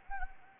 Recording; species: mosquito wingbeat signal from an infrared sensor; Anopheles gambiae